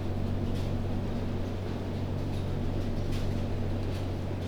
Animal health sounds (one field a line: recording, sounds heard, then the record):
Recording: poultry house recording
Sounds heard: no chicken sound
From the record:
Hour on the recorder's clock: 1